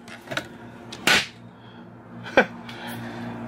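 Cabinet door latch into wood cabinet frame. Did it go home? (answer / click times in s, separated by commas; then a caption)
yes / 2.4 s. In a 1995 Holiday Rambler Navigator 40WB diesel motorhome, a heavy solid-wood cabinet door is opened and closed to show its solid latch. A loud broadband whoosh near 1.1 s is followed by a sharp snap at 2.4 s as the latch seats into the wood cabinet frame, and the door latches shut.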